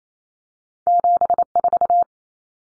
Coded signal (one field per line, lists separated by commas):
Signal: Morse code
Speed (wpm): 28 wpm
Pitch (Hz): 700 Hz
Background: none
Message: 74